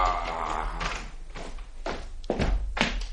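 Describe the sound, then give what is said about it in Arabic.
A closed door being opened for someone knocking in a stage play, heard as a series of about five dull wooden thunks and clatters at uneven intervals, fairly loud, with no voices. “اذهب وانظر من الطارق. ادخل. الباب مغلق، هيا اذهب وافتح.”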